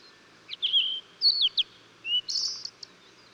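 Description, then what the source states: Blue-and-white flycatcher singing a whistled phrase with slurred notes, a rising and falling sweep, a low short whistle and a harsh buzzy trill at the end. Recorded 14 June 2009.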